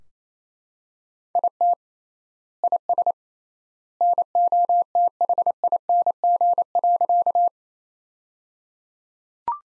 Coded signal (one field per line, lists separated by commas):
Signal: Morse code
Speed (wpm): 28 wpm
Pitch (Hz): 700 Hz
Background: none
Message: IT IS NOTHING.